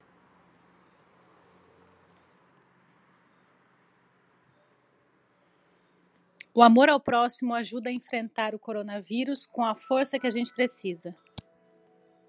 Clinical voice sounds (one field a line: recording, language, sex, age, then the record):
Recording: spoken sentence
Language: Brazilian Portuguese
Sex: female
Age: 30 to 39 years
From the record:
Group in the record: control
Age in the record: 39 years